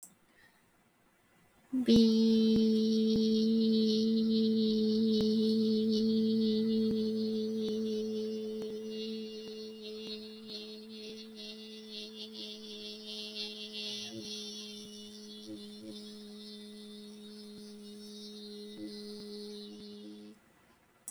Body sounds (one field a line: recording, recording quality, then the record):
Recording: sustained vowel as in beet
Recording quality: excellent, no background noise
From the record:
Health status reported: healthy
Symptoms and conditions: cough, cold, breathing difficulty, muscle pain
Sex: female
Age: 21 years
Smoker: no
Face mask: not worn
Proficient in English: no